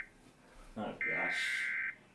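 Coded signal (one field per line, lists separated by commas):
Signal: Emergency Alert System (SAME) tones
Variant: header bursts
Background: speech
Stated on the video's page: Live weekly test of Emergency Alert System SAME tones.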